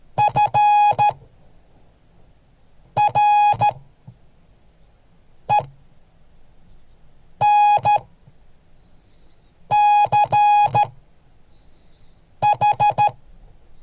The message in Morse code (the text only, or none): FRENCH